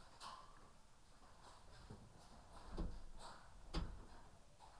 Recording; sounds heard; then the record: poultry house recording; healthy chickens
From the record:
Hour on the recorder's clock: 12